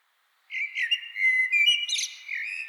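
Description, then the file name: Common blackbird giving a continuous warbled phrase of fluting notes mixed with squeakier high twitters, running on to the end. "Turdus merula"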